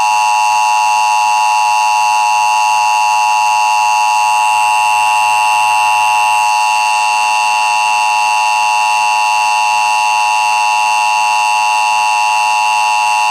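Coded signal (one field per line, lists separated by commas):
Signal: Emergency Alert System (SAME) tones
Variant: 853 and 960 Hz attention tone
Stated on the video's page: Mock recreation of a 1987 Emergency Broadcast System test, not a real broadcast.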